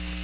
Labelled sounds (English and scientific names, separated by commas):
Hooded Warbler (Setophaga citrina) flight call